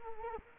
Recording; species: mosquito wingbeat signal from an infrared sensor; Culex quinquefasciatus